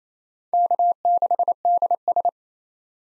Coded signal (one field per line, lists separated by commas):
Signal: Morse code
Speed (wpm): 28 wpm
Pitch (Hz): 700 Hz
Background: none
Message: K6DS